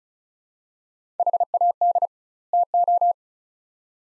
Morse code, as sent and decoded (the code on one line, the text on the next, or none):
.... .- -.. / - ---
HAD TO